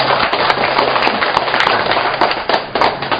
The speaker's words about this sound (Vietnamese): Rồi cho một tràng pháo tay cho ta phía bên kia.